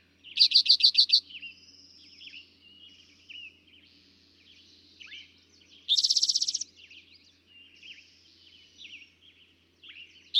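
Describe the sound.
Eastern towhee song: a loud pulsed trill of about seven rapid notes, then another buzzy trill some five seconds later, with softer chirps between.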